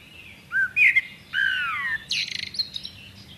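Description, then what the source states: Common blackbird song: low, fluty warbled notes sliding downward, followed by a rapid, squeaky, high twittering flourish. Nominate subspecies Turdus merula merula.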